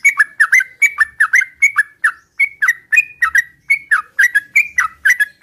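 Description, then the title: Oriental magpie-robin song of short whistled phrases, each a high note dropping to a lower slur, repeated steadily. Bird in full vigorous song (gacor); whistled song used as a lure to provoke other magpie-robins into answering. "Pancingan Suara Siulan Kacer Gacor Mantap Untuk Memancing Kacer Lain Agar Mau Nyaut Bunyi"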